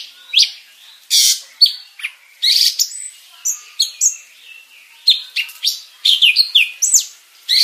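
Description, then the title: Leafbird song: bright, varied high chirps and downslurred whistles in quick, irregular bursts, with short pauses between phrases. Described as a champion bird singing a full 'isian' repertoire of inserted song phrases while flapping its wings. "Burung Cucak Ijo Juara Dunia Suara Isian Komplit Kibarkan Sayap"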